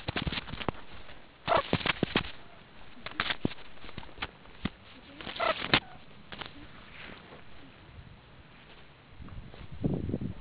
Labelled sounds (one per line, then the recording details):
meerkat close call
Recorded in the Kuruman River Reserve, South Africa
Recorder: an audio tag on a meerkat's collar